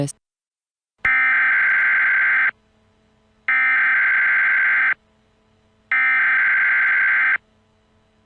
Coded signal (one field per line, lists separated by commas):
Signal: Emergency Alert System (SAME) tones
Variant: header bursts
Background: speech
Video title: EAS Scenario : A Call To Arms